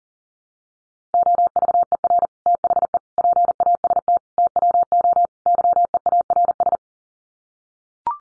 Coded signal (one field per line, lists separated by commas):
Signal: Morse code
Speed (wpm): 40 wpm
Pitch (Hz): 700 Hz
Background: none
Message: OVER THE PAST TWO YEARS